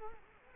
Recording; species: mosquito wingbeat signal from an infrared sensor; Culex quinquefasciatus